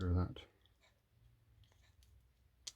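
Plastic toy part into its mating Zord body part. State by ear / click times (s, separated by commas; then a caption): seated / 2.7 s. Someone talks briefly as a plastic toy part is pushed home into its mating Tyrannosaurus Zord body part while reassembling a refurbished 1993 Deluxe Megazord. A quiet stretch with small handling noises ends in a sharp click at 2.7 s, and the part locks into place as expected.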